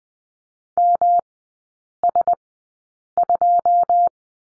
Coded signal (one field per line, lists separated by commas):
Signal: Morse code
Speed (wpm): 20 wpm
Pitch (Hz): 700 Hz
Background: none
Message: MS2